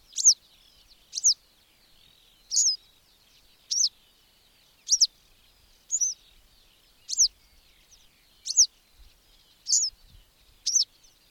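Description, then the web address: Bird song: short, sharp, high chirps repeated roughly every second, about ten in all, over a faint wash of thin twittering. "madarak enek"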